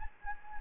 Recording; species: mosquito wingbeat signal from an infrared sensor; Anopheles gambiae